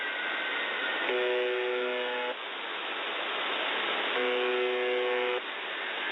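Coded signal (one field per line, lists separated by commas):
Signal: channel marker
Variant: UVB-76 (The Buzzer)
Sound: hissing static broken by two low, harsh buzzes about a second long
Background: radio static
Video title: Weird Sounds on The Buzzer, XM Whales Oddity, 4.625 USB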